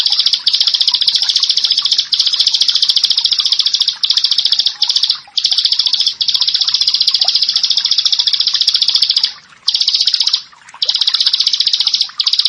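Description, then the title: Prinia song, a loud, dense, buzzy high trill held for long stretches with brief breaks, faint softer chirps underneath. "Ciblek Sawah"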